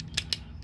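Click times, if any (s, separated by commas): 0.2 s, 0.3 s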